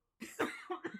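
After a brief silence, an adult man gives about four quick, harsh cough bursts in rapid succession within under a second, some with a rough, voiced edge. A coughing fit after choking, the airway reflexively clearing itself.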